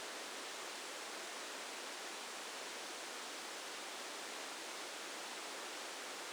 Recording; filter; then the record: brain microelectrode recording played as sound; spike band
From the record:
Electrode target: subthalamic nucleus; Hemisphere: left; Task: reaching with the right hand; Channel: 2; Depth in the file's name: 2.977 mm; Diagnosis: Parkinson's disease